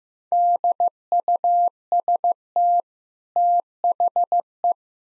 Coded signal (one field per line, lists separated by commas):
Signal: Morse code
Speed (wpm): 15 wpm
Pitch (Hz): 700 Hz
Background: none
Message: DUST THE